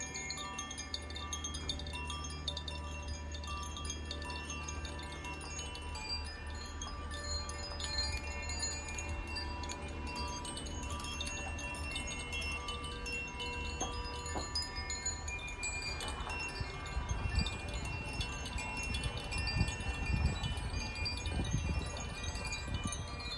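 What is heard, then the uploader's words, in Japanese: Chimes ring out at Washizawa wind cave, a dense, steady shimmer of overlapping bright tones that sustain and blend throughout. A low rumble hums underneath for the first fourteen seconds, then gives way to irregular low thumps and gusty swells toward the end. 鷲沢風穴 #コシチャイム #ザフィアチャイム。鷲沢風穴で、自然の中にチャイムを奏でました。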